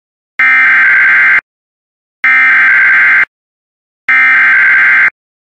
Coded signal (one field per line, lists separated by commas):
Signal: Emergency Alert System (SAME) tones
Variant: header bursts